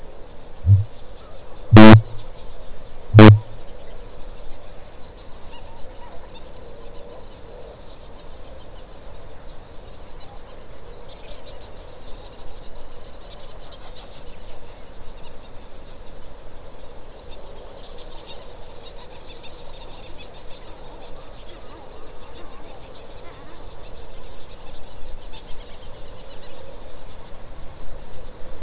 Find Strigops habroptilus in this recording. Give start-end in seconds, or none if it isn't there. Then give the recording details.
0.00-3.61. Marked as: faintness 1/5. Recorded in New Zealand. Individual Stumpy